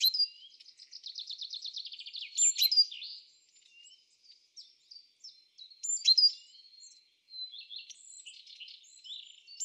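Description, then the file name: Great tit giving a quick buzzy chatter at the start, then sharp high notes and softer scratchy chips. "Parus major"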